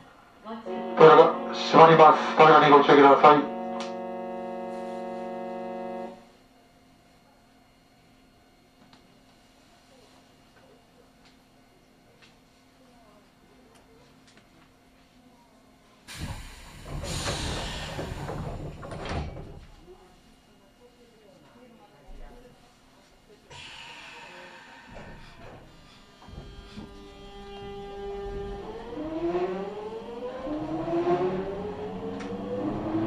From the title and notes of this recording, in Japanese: 耳で楽しむ鉄道旅 南海電鉄南海線 普通 泉佐野→箱作。泉佐野で10分も停車して関西空港行きの急行などと接続をしたのち発車をしていきます。